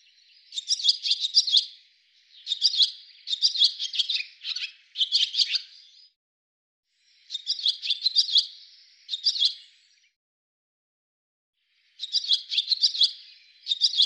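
Bird chirping in long bright runs of rapid notes, several bursts in the first six seconds, then two pauses before further chirp series.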